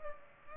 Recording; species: mosquito wingbeat signal from an infrared sensor; Culex pipiens